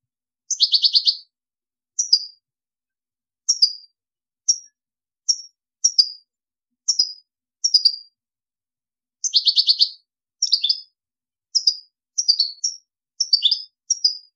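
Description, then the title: European goldfinch song: bright, high chirping notes in short tinkling bursts, with two denser twittering flourishes. "Chant Chardonneret"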